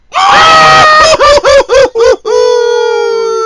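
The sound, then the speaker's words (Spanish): Two voices imitate Goofy's famous cartoon falling yell as they trip: a loud, strained scream breaks into four quick warbling bursts, then settles into one long, steady high-pitched wail that holds to the end. “Y nos vamos a tropezar los dos y se va a escuchar nuestro famoso grito de caída.”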